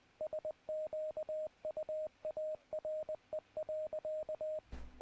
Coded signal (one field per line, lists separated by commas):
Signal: Morse code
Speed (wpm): 20 wpm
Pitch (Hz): 620 Hz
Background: radio noise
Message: SQUARE.